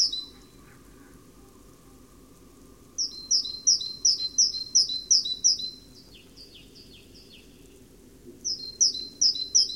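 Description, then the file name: Great tit calling: a quick series of high, sharp two-part notes repeated about three times a second, in bursts separated by pauses, over a low steady hum. "Parus major"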